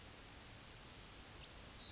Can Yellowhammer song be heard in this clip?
yes